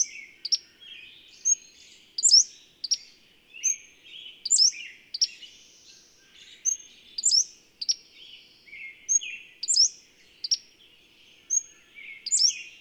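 Bird song of bright chirps and thin whistled notes, phrases recurring every second or two, with a faint low background hum.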